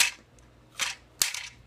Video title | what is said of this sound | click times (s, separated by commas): Review: Powermaster Optimus Prime w/ Autobot Apex (Transformers: Titans Return) | there we go you hear that click that that's when I push the cab up | 1.2 s